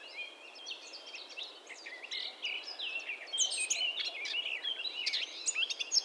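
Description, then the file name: Eurasian blackcap song over steady background hiss: a rambling, varied warble of short whistled and scratchy notes, growing slightly louder toward the end. "Sylvia atricapilla"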